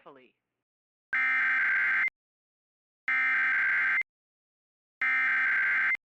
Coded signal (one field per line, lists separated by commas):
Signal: Emergency Alert System (SAME) tones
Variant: header bursts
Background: speech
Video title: IP - Required WEEKLY Test - NO EAS